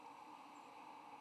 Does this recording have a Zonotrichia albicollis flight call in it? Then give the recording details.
no. Another species' flight call is heard. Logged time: 06:10 on 8 November 2014